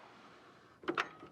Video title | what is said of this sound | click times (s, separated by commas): On the jobsite installing Crown Molding. | just like that the saw locks in place at the 45 on the other side | 1.0 s